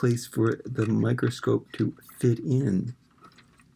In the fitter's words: well that's great it doesn't click into place again it just sits there but